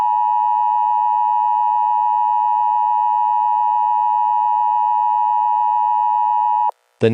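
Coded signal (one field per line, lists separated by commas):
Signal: Emergency Alert System (SAME) tones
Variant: 853 and 960 Hz attention tone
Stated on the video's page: EAS tones, possibly valid.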